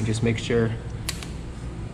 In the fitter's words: you'll hear when you hear the little snap noise of it clicking back into place then